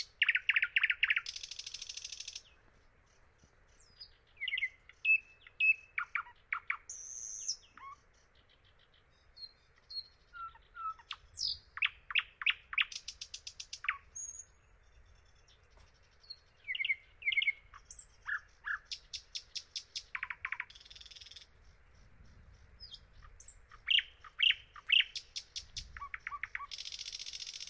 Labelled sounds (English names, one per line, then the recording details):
Thrush Nightingale song
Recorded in the wild
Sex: male
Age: adult
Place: Dargun, Peenetal, Mecklenburg-Vorpommern, DE
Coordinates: 53.8764, 12.8739
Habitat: wetland
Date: 2010-06-09 22:21
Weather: 15°C, almost no wind
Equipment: Sound Devices 702, Sennheiser MKH 70, Rycote Windschutz
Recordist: Frommolt, Karl-Heinz